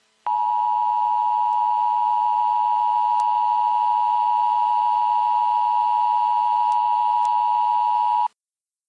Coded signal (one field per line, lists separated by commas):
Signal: Emergency Alert System (SAME) tones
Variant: 853 and 960 Hz attention tone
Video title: EAS Emergency: Deadly Soda (Nine EAS Alerts!)